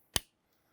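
A dash cam power cable plug is pushed into the connector port of a truck's onboard computer. A single sharp click is heard at 0.2 s as it snaps into place, with near silence after. The connector is seated.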